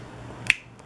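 A plastic panel on a Transformers Combiner Wars Deluxe-class figure is slid into a raised locating peg on the second side during transformation. A single sharp, bright snap at 0.5 s marks the panel seating in its peg, followed by a faint tick near 0.8 s over low background hum.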